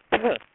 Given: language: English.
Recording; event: throat vibration sensor signal played as sound; cough